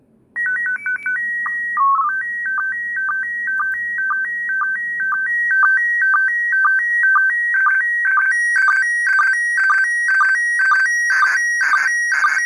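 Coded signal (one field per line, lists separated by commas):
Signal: SSTV (slow-scan television)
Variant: PD 120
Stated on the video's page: ISS SSTV event on 145.800 MHz in PD120 format, sent at relatively high power, received on a VHF delta loop antenna.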